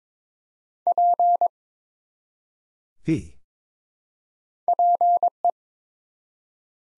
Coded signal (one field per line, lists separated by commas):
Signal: Morse code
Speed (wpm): 21 wpm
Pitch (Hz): 700 Hz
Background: none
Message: P PE